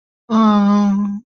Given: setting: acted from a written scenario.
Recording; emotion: vocal sound without words; romantic love